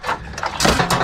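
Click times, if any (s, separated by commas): none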